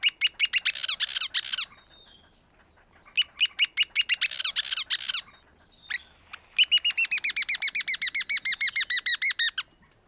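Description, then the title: Black-crested tit-tyrant calling in fast bursts of high, dry notes, two short rattling series separated by a pause, then a long even run of rapid notes. "Black-crested Tit-Tyrant (Anairetes nigrocristatus)"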